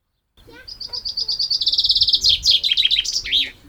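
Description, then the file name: Common chaffinch singing a bright, accelerating series of sharp notes that becomes a dense trill, then breaks into a lively downward-swooping flourish at the end. "Fringilla coelebs"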